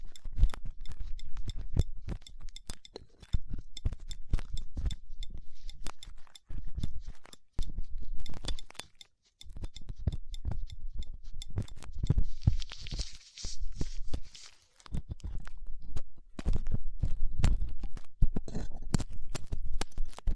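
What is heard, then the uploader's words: Dry ear-cleaning sounds: dense crackly scratching and clicking from a pick, swabs and gloves, rapid and irregular throughout. Brief near-silent pauses fall around 3, 6.5, 9 and 15 seconds, and a soft hissy rustle rises around 12 to 14 seconds. ASMR 3Dio Ear Cleaning Latex Gloves, Dental Pick, Cotton Swabs (No Talking).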